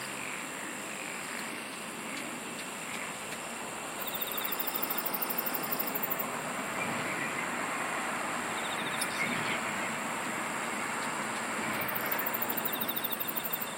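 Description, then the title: Dense insect chorus, with very high pulsed trills coming in bursts over a steady shrill hum. "SINGING OF INSECTS"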